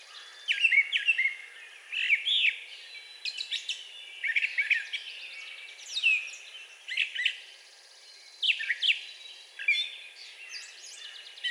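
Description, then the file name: Brown thrasher song with lively, changing phrases of sharp chips and downslurred whistles, separated by brief pauses. Recorded 4 June 2020. "2020-06-04 Brown Thrasher"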